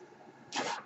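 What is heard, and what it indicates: A brief hissing rush of air from a home mechanical ventilator delivering a breath, starting halfway through after a quiet stretch.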